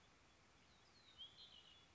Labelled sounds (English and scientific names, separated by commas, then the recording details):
Red-winged Blackbird (Agelaius phoeniceus)
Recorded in Sonoma County, California